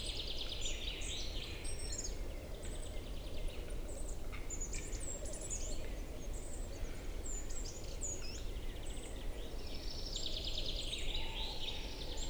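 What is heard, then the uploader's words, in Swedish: Spring forest sounds: many small birds chirp and trill busily throughout, high and overlapping, over a steady low rumbling hiss. Tjäderspelets ljudvärld. Här får du själv höra skogens alla ljud i slutet av april när tjäderspelet är på sin topp. En spelande tjädertupp.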